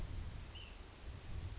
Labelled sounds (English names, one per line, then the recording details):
Ash-throated Flycatcher
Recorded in Sonoma County, California